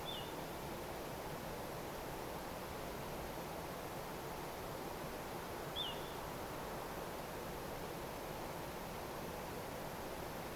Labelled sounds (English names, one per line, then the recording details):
Little Ringed Plover
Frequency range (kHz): Little Ringed Plover 2.8-3.8 kHz
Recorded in France